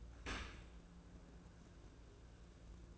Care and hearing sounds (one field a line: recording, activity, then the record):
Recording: daily activity, microphone in the room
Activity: open dishwasher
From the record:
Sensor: 2